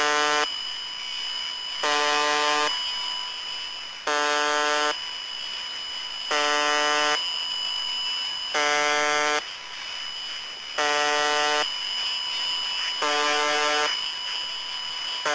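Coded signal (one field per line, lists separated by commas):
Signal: channel marker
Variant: UVB-76 (The Buzzer)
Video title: The Conet Project - The Buzzer, the Pip, and the Squeaky Wheel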